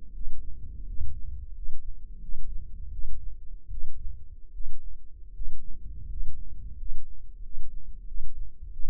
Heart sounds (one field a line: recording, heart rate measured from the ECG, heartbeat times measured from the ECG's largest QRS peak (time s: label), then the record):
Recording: heart sounds by microphone in the left ear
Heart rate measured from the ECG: 84 bpm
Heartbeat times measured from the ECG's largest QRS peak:
0.13 s: heartbeat
0.85 s: heartbeat
1.54 s: heartbeat
2.20 s: heartbeat
2.91 s: heartbeat
3.70 s: heartbeat
4.52 s: heartbeat
5.33 s: heartbeat
6.08 s: heartbeat
6.76 s: heartbeat
7.41 s: heartbeat
8.06 s: heartbeat
8.71 s: heartbeat
From the record:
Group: healthy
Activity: rest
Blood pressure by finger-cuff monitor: 126/69 mmHg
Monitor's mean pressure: 83 mmHg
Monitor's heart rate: 84 bpm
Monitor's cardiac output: 7.6 L/min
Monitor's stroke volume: 93 mL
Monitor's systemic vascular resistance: 800 dyn s/cm5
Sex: male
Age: 23 years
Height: 179 cm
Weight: 87 kg